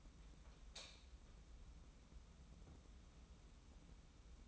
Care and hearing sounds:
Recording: daily activity, microphone in the room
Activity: light on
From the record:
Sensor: 1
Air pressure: 994.5 hPa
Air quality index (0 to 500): 225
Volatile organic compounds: 1000 ppm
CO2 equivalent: 8108 ppm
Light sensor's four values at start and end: 140/317/142/156 and 148/341/152/166

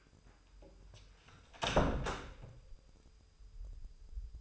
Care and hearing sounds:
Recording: daily activity, microphone in the room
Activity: close door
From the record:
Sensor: 2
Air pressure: 996.0 hPa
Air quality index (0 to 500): 36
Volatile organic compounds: 1 ppm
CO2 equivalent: 632 ppm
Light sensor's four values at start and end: 12/27/12/12 and 11/27/11/12

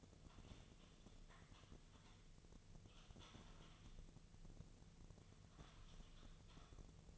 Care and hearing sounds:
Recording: daily activity, microphone in the room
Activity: typing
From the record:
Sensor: 4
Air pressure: 1001.0 hPa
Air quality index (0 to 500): 141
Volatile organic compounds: 2 ppm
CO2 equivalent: 1041 ppm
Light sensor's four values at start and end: 27/65/27/28 and 27/65/27/28

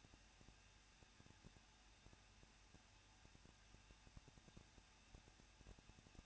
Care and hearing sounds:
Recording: daily activity, microphone in the room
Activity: no activity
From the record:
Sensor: 2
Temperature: 21.0 degrees Celsius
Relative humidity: 37.3%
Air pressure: 1006.3 hPa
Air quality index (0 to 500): 221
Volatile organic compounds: 23 ppm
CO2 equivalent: 2789 ppm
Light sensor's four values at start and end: 2/3/2/2 and 2/3/2/2

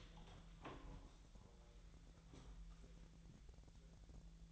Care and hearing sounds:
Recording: daily activity, microphone in the room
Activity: open door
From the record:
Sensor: 3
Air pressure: 1001.3 hPa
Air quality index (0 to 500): 249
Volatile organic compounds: 162 ppm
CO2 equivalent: 4074 ppm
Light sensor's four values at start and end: 12/29/12/12 and 13/30/12/12

